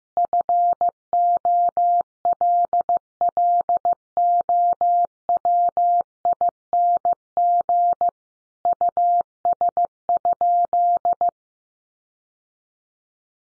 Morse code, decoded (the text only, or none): FOLLOWING US?